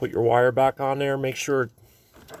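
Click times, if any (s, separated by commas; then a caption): none. A wiring harness connector is being handled at the purge valve solenoid of a 2000–2006 Chevrolet/GMC GM truck (4.8, 5.3, 6.0) with a hard start after fueling. Someone talks throughout, followed by a quiet stretch with faint low handling noise. The connector has not seated or clicked yet by the end of the clip.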